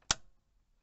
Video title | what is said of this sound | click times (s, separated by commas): VW Passat B6 Steering wheel swap and retrofit MFS components | yellow one with white Club facing upward I'm gonna get that in clicks | 0.1 s